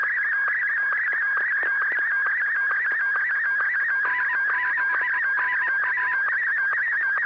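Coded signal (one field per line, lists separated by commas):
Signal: SSTV (slow-scan television)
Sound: steady warbling tone near 1.7 kHz with rapid regular ticks, continuous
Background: low hum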